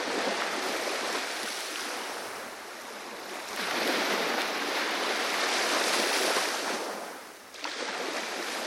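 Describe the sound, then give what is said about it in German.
Steady, hissing surf washes onto a beach, swelling into broader rushes of breaking waves around the middle and again near the end, with no voices present. “Die tote Frau am Strand. Der Saum des Wassers netzt ihre Füße.”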